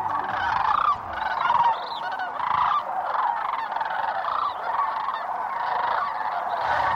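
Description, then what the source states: Sandhill crane flock calling: many overlapping rolling, trumpeting notes merge into a continuous chorus. Calls of migrating sandhill cranes.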